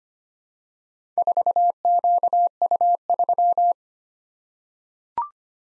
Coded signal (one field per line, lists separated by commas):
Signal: Morse code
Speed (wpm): 25 wpm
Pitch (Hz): 700 Hz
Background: none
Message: 4QU3